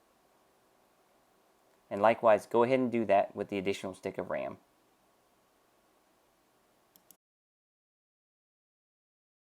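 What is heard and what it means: A second DDR4 RAM stick is lined up by its notch and pressed down on both ends into a motherboard DIMM slot. Someone talks from about 1.9 to 4.6 s, then after a quiet pause two short, sharp clicks sound at 7.0 s and 7.1 s as the retention clips snap shut. The memory stick is seated in the slot.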